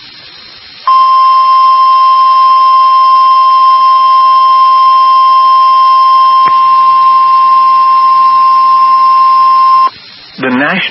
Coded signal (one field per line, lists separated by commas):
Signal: Emergency Alert System (SAME) tones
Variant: 1050 Hz attention tone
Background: speech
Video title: TX Double Header EAS #690-691 (4/26/23)